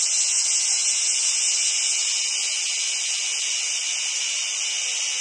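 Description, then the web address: Cicada chorus as a continuous shrill buzz, even in pitch and loudness from start to end. "SFXSource Cicadas"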